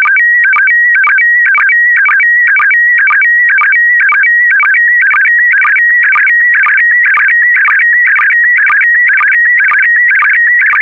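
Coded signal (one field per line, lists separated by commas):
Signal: SSTV (slow-scan television)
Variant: PD120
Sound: warbling whistle around 2 kHz with a regular chirpy stutter twice a second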